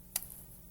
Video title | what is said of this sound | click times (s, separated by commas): AirForce Talon / SS Pre-charged Pneumatic air rifle - Video Manual | To take the safety off, you push forward until it clicks, | 0.2 s